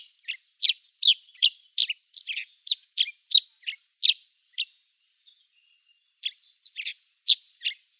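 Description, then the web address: Chestnut-shouldered petronia song: a series of sharp, high sparrow-like chirps delivered in quick succession, a short pause, then more chirps; otherwise quiet. "Schulze Peter Chestnut-shouldered Petronia song"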